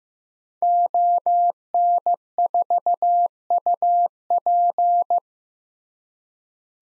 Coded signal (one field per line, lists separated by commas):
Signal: Morse code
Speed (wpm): 15 wpm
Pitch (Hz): 700 Hz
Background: none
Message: ON4UP